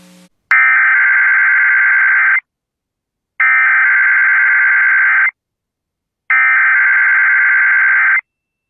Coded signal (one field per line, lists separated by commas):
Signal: Emergency Alert System (SAME) tones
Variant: header bursts